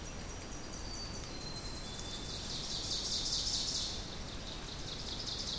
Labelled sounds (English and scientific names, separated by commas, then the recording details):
Ovenbird (Seiurus aurocapilla) song
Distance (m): 45 m
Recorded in boreal forest in Alberta, Canada, on 2 June 2016 at 08:03
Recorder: SongMeter 3, array SBT-3-7
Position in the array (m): 191 m, 1 m
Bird 6